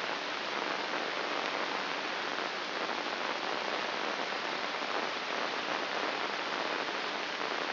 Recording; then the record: brain microelectrode recording played as sound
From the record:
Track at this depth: inside the subthalamic nucleus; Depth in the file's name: 4.018 mm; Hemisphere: left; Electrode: 2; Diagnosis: Parkinson's disease